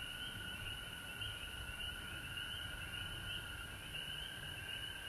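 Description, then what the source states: Frogs keep up a steady chorus of high trilling, with brief sweeping chirps repeated throughout and a low background hum. Recorded at home in Georgia on March 19, 2020.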